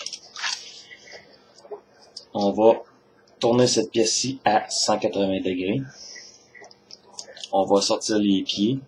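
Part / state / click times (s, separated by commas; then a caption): plastic body piece into transforming robot toy / seated / 0.1 s. A plastic body piece on a Transformers Generations Orion Pax transforming action figure is pushed down during its conversion and clicks into place with a sharp, short hit at 0.1 s. Someone talks throughout the rest of the clip while the figure continues to be handled.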